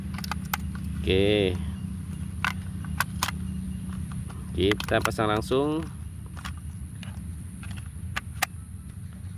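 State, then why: Not seated. The plastic battery cover on a YT150 toy drone's remote controller is fitted after three AA batteries are loaded, and someone talks. Short sharp taps and clicks of the plastic are heard through the clip over a steady low hum, but the weak latch does not lock firmly and nothing has seated or clicked into place yet.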